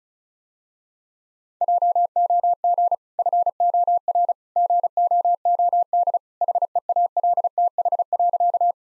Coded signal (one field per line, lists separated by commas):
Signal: Morse code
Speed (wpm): 36 wpm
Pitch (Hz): 700 Hz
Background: none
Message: JOG FOR GOOD HEALTH.